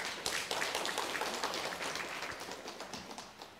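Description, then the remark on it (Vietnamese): An audience at a Buddhist dharma lecture gives a big round of applause when asked, a dense crackle of many hands clapping that holds strong for a few seconds and then gently tapers off, with no voices over it. “Mời cho tràng pháo tay lớn đi.”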